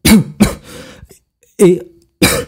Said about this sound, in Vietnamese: lại một lần nữa bị sặc thuốc, ho sù sụ.